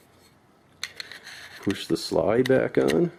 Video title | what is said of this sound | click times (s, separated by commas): Ruger LCP | back in and push the guide rod until it snaps onto the notch | 0.8 s